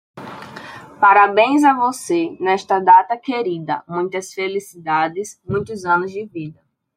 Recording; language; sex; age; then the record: short text; Brazilian Portuguese; female; 20 to 29 years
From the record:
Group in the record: control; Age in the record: 22 years